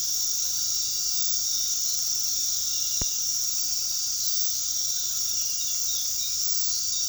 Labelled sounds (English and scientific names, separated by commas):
none